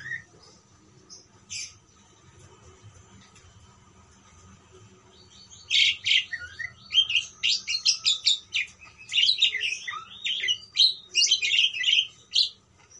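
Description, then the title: Parakeet chatter: a near-silent start with a few isolated chirps, then a dense stream of sharp, high squeaky notes from midway on. "Parkit"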